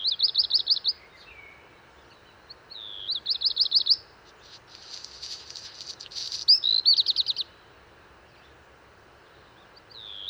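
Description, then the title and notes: Black redstart repeating its short song: fast strings of high rhythmic notes, one phrase with a dry crumpled crackling passage, a few phrases with quiet gaps between. Singing from the top of a large lime tree, early morning, 19 March 2019, Val Maravel, Drôme, France; first of the season; crumpled song; Wildtronic parabola, MKH8020, MixPre-3. "Val Maravel - Drôme. chant du Rouge-queue noir"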